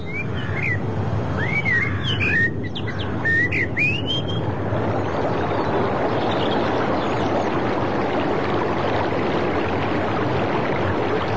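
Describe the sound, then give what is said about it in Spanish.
A river flows in daytime with a steady, even rush of water that fills the whole stretch, while a bird whistles a few rising chirps over it during the first few seconds. “El río humedece el suelo.”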